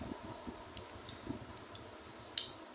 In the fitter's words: இந்த மாதிரி click sound வரும். உங்களுக்கு கேட்குதா என்னன்னு தெரியல.